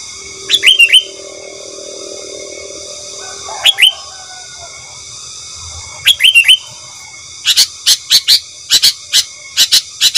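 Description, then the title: Sooty-headed bulbul song in short liquid phrases of two to four slurred notes, repeated about every three seconds, followed by a run of sharp ticking clicks over a constant hum. "Kutilang"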